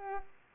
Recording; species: mosquito wingbeat signal from an infrared sensor; Culex pipiens